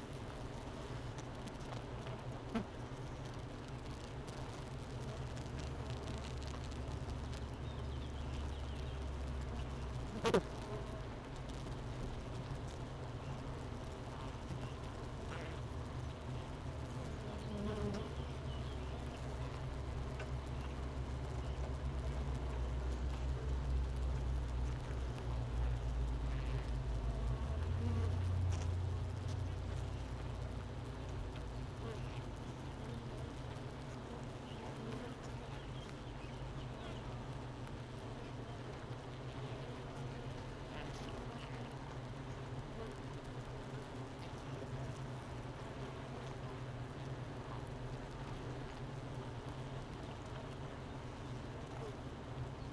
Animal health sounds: honeybee colony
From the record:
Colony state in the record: missing queen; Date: 31 May 2018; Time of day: 9:44

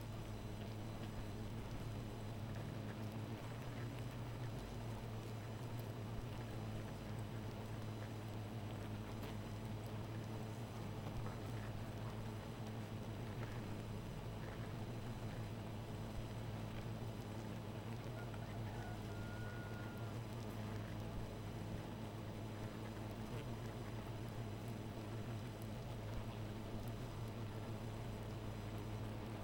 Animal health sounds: honeybee colony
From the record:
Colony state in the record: missing queen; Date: 14 July 2017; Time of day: 2:51

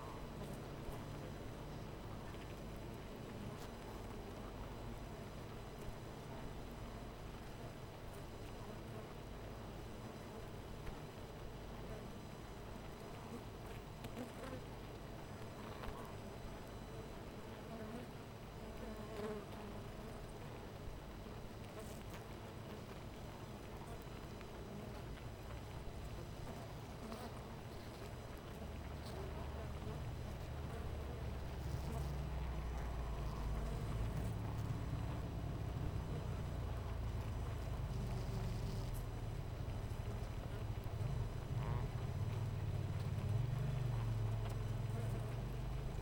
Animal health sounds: honeybee colony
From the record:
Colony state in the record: missing queen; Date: 14 July 2017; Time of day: 12:52

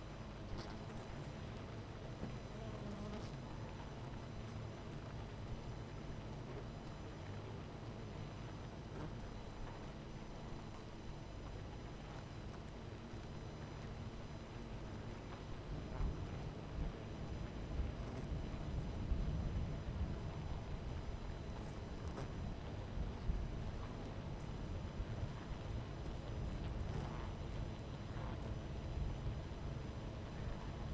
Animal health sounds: honeybee colony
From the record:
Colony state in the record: missing queen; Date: 14 July 2017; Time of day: 11:21

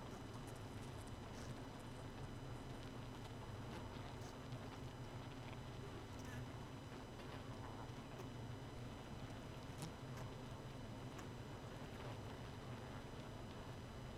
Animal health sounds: honeybee colony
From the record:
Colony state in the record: missing queen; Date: 31 May 2018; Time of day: 0:32

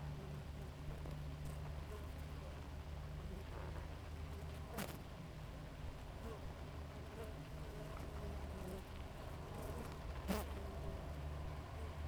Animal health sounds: honeybee colony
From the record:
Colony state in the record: active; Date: 28 July 2017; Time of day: 5:18

